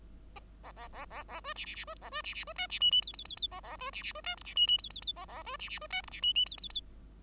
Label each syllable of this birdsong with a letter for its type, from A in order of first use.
A A A A A B C C C B A B C C B D C E E F F F F A A B C C B D G C E E F F F A A B C C B D G C E E F F F